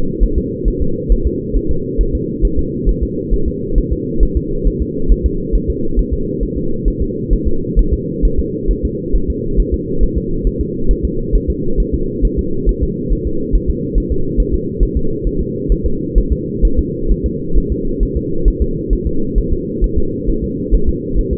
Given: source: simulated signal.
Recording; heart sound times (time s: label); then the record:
fetal heart sounds
0.23 s: S1
0.38 s: S2
0.68 s: S1
0.82 s: S2
1.12 s: S1
1.27 s: S2
1.57 s: S1
1.71 s: S2
2.01 s: S1
2.15 s: S2
2.45 s: S1
2.59 s: S2
2.89 s: S1
3.03 s: S2
3.34 s: S1
3.48 s: S2
3.78 s: S1
3.93 s: S2
4.23 s: S1
4.37 s: S2
4.68 s: S1
4.82 s: S2
5.12 s: S1
5.26 s: S2
5.56 s: S1
5.70 s: S2
5.99 s: S1
6.14 s: S2
6.43 s: S1
6.58 s: S2
6.88 s: S1
7.02 s: S2
7.33 s: S1
7.48 s: S2
7.79 s: S1
7.94 s: S2
8.25 s: S1
8.40 s: S2
8.71 s: S1
8.85 s: S2
9.16 s: S1
9.30 s: S2
9.60 s: S1
9.74 s: S2
10.03 s: S1
10.18 s: S2
10.47 s: S1
10.61 s: S2
10.91 s: S1
11.05 s: S2
11.36 s: S1
11.50 s: S2
11.80 s: S1
11.94 s: S2
12.25 s: S1
12.39 s: S2
12.69 s: S1
12.83 s: S2
13.13 s: S1
13.27 s: S2
13.55 s: S1
13.70 s: S2
13.98 s: S1
14.12 s: S2
14.40 s: S1
14.54 s: S2
14.83 s: S1
14.97 s: S2
15.27 s: S1
15.41 s: S2
15.72 s: S1
15.86 s: S2
16.18 s: S1
16.33 s: S2
16.65 s: S1
16.79 s: S2
17.12 s: S1
17.26 s: S2
17.58 s: S1
17.72 s: S2
18.03 s: S1
18.17 s: S2
18.48 s: S1
18.62 s: S2
18.93 s: S1
19.07 s: S2
19.38 s: S1
19.53 s: S2
19.84 s: S1
19.98 s: S2
20.30 s: S1
20.44 s: S2
20.75 s: S1
20.89 s: S2
21.19 s: S1
21.33 s: S2
From the record:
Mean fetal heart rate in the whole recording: 135 bpm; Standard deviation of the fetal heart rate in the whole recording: 3 bpm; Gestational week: 36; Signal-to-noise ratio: -8.1 dB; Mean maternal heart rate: 72 bpm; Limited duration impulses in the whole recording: present